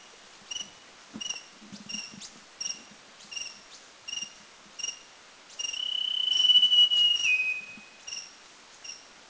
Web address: Thailand North Dark-backed Sibia Song Doi Lang